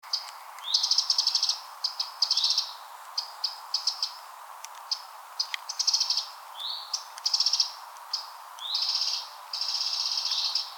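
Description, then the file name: Eurasian wren singing a rapid, piercing jumble of trills, chips and short upslurred notes in quick succession over a faint steady hiss. "Troglodytes troglodytes"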